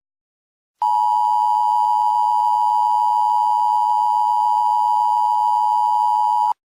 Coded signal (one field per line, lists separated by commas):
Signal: Emergency Alert System (SAME) tones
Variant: 853 and 960 Hz attention tone